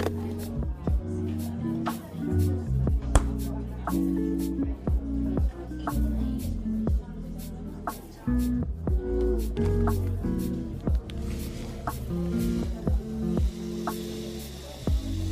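Coffee shop ambience with a steady murmur of overlapping voices. Frequent sharp clinks and clatters, like cups and dishes, cut through every second or so across the whole stretch. A soft hiss rises in the last few seconds beneath the chatter.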